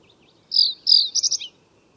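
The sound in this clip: Bird call: two high, thin, downslurred notes followed by a quick burst of clipped notes ending in a lower falling note, all within one second against quiet background.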